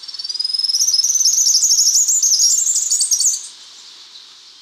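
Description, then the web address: Three-striped warbler song: a rapid series of thin, very high notes rising and swelling for about three and a half seconds before stopping abruptly. Recorded in Ecuador. "Birds of Ecuador. Three-striped Warbler"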